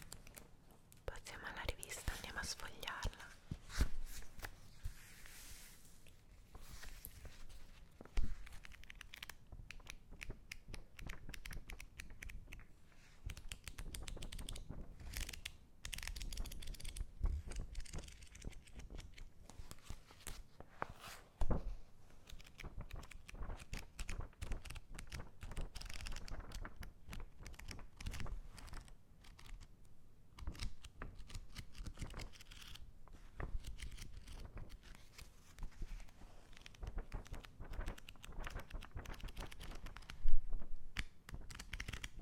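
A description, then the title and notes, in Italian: Paper is handled in several ways, with dense crackles, rustles and crisp snaps running throughout the recording. The sounds come in irregular bursts, some brighter and sharper than others, with brief quieter gaps and a louder crinkle near the end. Suoni della carta asmr. In questa puntata ti faccio sentire il suono di diverse tipologie di carta, ognuna secondo me rilassante.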